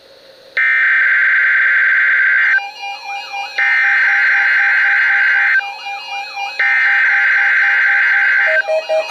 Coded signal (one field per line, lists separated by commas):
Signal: Emergency Alert System (SAME) tones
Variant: header bursts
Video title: Required Weekly Test - 01/23/19 (EAS #1,794)